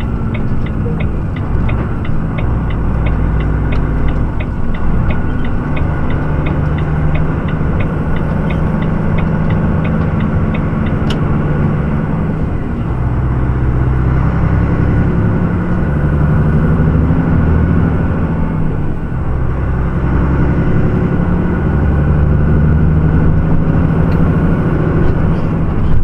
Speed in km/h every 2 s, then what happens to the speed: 18, 19, 18, 21, 22, 21, 22, 27, 26, 28, 31, 35, 34.
0-11 steady at about 19. 11-26 speeds up to 34.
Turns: 0-7.